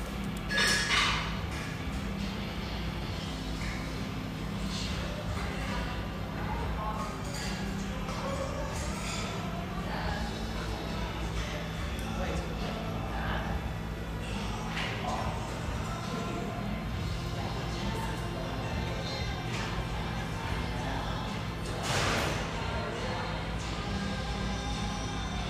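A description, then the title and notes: Espresso house near the Vancouver riverfront: a steady low hum under overlapping chatter, with occasional clinks of cups around one and twenty-two seconds. The pleasant hum in this lovely espresso house near the Vancouver riverfront.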